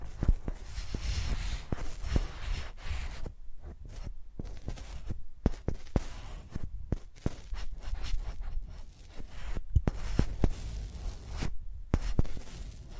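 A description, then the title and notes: Microphones are used as pencils, scratching and scraping in a dense, uneven run of rough strokes with frequent sharp clicks and taps throughout. A heavy low rumble sits under everything, and brief gaps near four and ten seconds break the busy texture. Using Mics as Pencils (No Talking).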